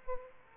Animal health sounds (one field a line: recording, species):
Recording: mosquito wingbeat signal from an infrared sensor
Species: Aedes aegypti